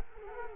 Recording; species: mosquito wingbeat signal from an infrared sensor; Culex quinquefasciatus